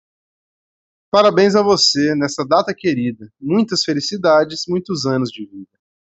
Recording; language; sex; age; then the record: short text; Brazilian Portuguese; male; 30 to 39 years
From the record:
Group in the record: control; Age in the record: 35 years